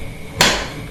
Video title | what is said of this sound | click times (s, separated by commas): Kitchen Organization - Kitchen Deep Cleaning & Countertop Organization - Karthikha Channel Vlog | lock ஆயிடுச்சு | 0.4 s